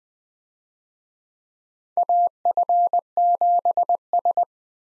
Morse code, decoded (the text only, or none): AF7S